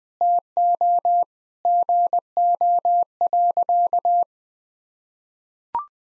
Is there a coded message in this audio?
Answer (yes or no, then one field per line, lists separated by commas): yes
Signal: Morse code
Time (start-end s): 0.2-4.2 s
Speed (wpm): 20 wpm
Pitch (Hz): 700 Hz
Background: none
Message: TO GO.